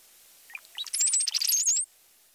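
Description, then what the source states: Brown-headed Cowbird sputtering chatter: a quick run of high, dry notes building into a dense burst with thin, squeaky whistled slurs, lasting just over a second. Sputtering chatter the cowbird often adds in flight.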